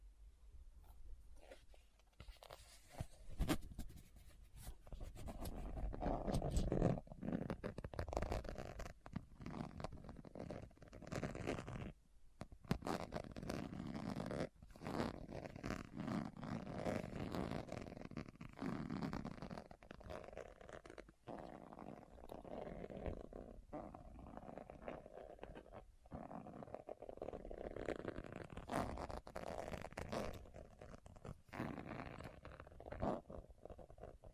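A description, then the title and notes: Items are pulled from a bag without talking: steady rustling and crinkling runs through the whole clip, broken by frequent sharp clicks and taps. A brief zipper-like rasp and a few short pauses, around 2 and 12 seconds, interrupt the otherwise dense handling. ASMR What's In My Bag (No Talking).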